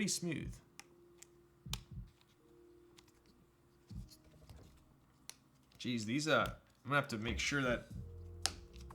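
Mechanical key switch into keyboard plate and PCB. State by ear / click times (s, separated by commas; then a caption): seated / 8.5 s. A mechanical keyboard switch is pressed into a polycarbonate plate, its legs going into tight PCB holes, while someone talks, with faint clicks scattered through the clip. The switch snaps into the plate with a sharp click at 8.5 s and is fully seated in the plate, though whether it is fully seated in the PCB is still being checked.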